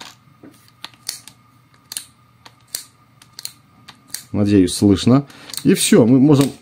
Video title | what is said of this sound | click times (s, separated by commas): LUDYVI BL150 шуруповёрт с функцией сверление с ударом. Обзор разборка тест. | te klikken luister luister ik hoop dat je kunt horen dat is alles | 0.8 s, 1.1 s, 2.0 s, 2.8 s, 3.4 s, 4.1 s